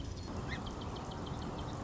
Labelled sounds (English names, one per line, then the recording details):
Song Sparrow
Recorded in Sonoma County, California